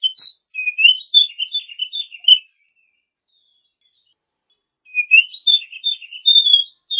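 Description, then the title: Oriental magpie-robin song, a rich run of varied whistled and chattered phrases for over two seconds, a pause, then another varied burst of sweet notes. Champion bird. "Kicau Burung Kacer Juara"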